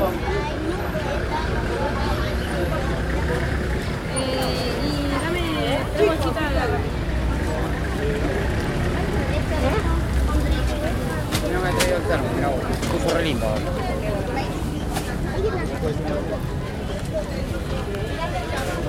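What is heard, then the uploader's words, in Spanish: A busy fair or market: many voices overlap in a steady, dense babble with no pauses over the whole stretch. A low rumble runs underneath, and short sharp clicks and knocks pop out now and then, most around the middle. Feria de la Ciudad ("Mercado de pulgas").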